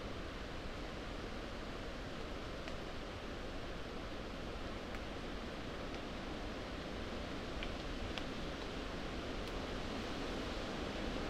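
Rain falls steadily over broad waxy leaves, a dense, even hiss that fills everything from low rumble to bright top without letup. Sharper drops tick out now and then, around 3, 5, 8 and 9.5 seconds, above the constant wash.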